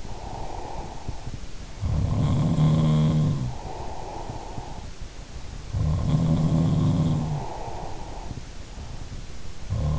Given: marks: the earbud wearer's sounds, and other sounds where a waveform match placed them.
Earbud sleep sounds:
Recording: sounds in sleep by an in-ear microphone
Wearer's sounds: breath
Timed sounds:
0.00-1.52 s: breath
1.78-5.15 s: sound from someone else or the room
3.44-5.15 s: breath
5.59-8.59 s: sound from someone else or the room
6.82-8.59 s: breath
9.14-9.99 s: sound from someone else or the room

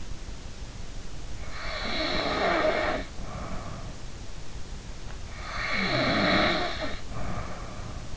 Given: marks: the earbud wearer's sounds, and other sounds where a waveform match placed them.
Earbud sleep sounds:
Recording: sounds in sleep by an in-ear microphone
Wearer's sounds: snoring breath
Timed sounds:
1.58-4.07 s: snoring breath
5.44-8.17 s: snoring breath

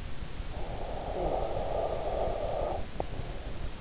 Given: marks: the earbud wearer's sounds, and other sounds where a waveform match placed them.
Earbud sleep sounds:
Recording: sounds in sleep by an in-ear microphone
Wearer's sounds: snoring breath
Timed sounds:
0.23-3.49 s: snoring breath

